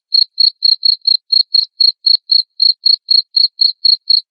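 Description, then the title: Cricket chirping, sharp high pulses repeated steadily around four times per second. Loud cricket chirping played to make lovebirds sing continuously. "Suara JANGKRIK NGERIK Keras Bikin LOVEBIRD Jadi NGEKEK Terus Vubey"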